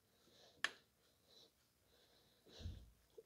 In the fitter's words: make sure it clicks as you put it in because